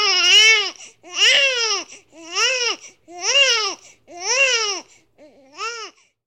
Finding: Newborn baby crying.